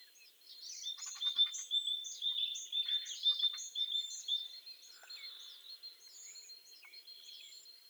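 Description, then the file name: Great tit repeating a brisk two-note phrase, high and low alternating, with some chattering. "Parus major"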